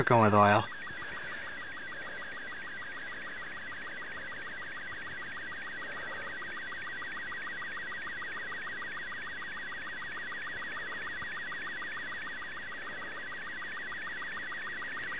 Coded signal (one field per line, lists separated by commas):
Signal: SSTV (slow-scan television)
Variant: Robot 36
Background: speech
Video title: Baseband Radio Transmission--Better Lighting